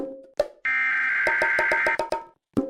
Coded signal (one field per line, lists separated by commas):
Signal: Emergency Alert System (SAME) tones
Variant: header bursts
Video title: Emergency Alert System